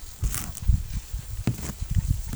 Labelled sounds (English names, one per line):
none